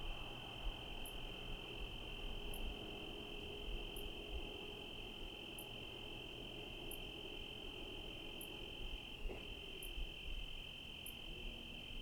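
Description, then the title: Cricket trills in one continuous high buzz, with brief very high ticks roughly every one and a half seconds over a low wash of background noise. Night recording in Trinity County, California, USA, dated 17/10/25 around 05:06 (time approximate); recorded on a Zoom H1 with internal XY microphones. "Trinity County, Californie, États-Unis d'Amérique - 17_10_25_05_06 grillons nuit voitures PLUIE"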